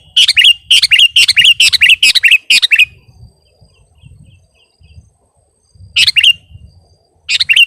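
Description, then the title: Sooty-headed bulbul song: rapid run of bright chirpy phrases repeated about every quarter second, then a pause and two more phrases, with faint low rumble beneath. "kutilang"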